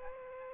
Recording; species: mosquito wingbeat signal from an infrared sensor; Aedes aegypti